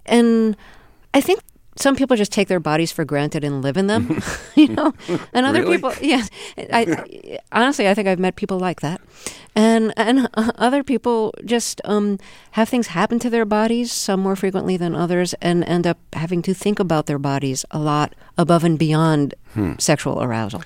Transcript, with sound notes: and I think some people just take their bodies for granted and live in them, you know?
(LAUGHTER)
Really?
And other people - yes. Honestly, I think I've met people like that, and other people just have things happen to their bodies, some more frequently than others, and end up having to think about their bodies a lot, above and beyond sexual arousal.